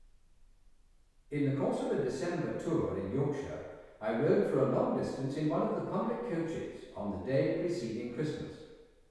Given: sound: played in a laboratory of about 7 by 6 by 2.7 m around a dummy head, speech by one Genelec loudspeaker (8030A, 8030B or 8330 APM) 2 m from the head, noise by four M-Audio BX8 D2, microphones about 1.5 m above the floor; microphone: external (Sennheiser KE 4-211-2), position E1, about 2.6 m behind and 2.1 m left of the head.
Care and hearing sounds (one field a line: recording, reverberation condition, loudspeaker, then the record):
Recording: male speech in English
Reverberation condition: high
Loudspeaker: 120 degrees to the right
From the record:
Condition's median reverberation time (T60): about 1300 ms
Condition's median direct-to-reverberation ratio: about -4.0 dB